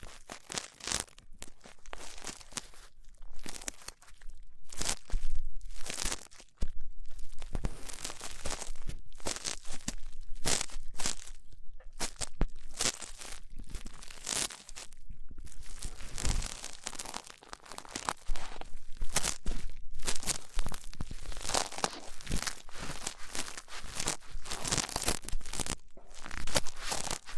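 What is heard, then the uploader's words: Rough ear cleaning: dense, scratchy rubbing and crackling bursts run almost continuously for the whole clip, bright and crisp with quick irregular strokes. Brief near-silent gaps break it up around 4, 6 and 15 seconds, and a thump lands near 16 seconds. ASMR Rough Ear Cleaning (No Talking).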